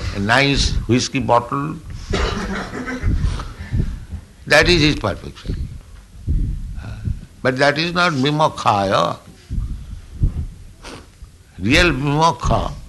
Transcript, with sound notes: a nice whiskey bottle..." [laughter] That is his perfection. But that is not vimokṣāya. Real vimokṣa,